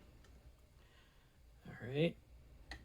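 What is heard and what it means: A rubber button pad nub on an auto-dimming compass rear view mirror is pulled through its hole in the plastic housing while someone talks. A sharp pop at 2.7 s marks the nub seating, and the button is locked into place.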